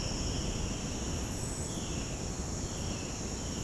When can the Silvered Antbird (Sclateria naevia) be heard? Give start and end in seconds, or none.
none